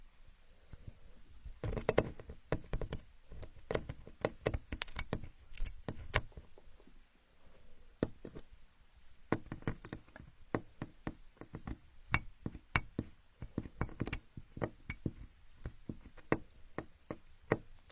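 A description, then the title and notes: Building blocks clack and knock together in sharp, bright taps that come in irregular bursts. Clusters pile up in the first six seconds, there is a short lull around seven seconds, and then steady scattered clicks continue to the end over a faint low rumble. Asmr, playing with building blocks.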